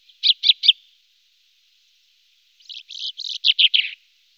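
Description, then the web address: Common chaffinch singing: three bright chips, a long gap, then a rapid series of rattling notes that descends toward the end. Recorded in a wetland area at Sissonne. "Sissonne. Pinson des arbres"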